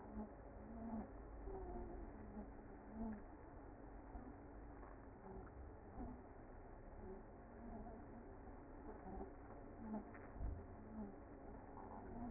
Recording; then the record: honeybee colony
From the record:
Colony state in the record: active